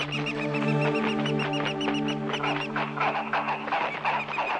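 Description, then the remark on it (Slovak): Eagles and hawks screech and squawk in a rapid, overlapping flurry, fighting as hawks attack a man climbing a tree, with harsh shrill cries repeating over a steady sustained musical drone throughout. “Orli, milé orli, skade ste sa tu vzali za takú chvíľku? No, jastrabi, vidíte, nemali ste na mňa útočiť, keď ma orlie pierko chráni.”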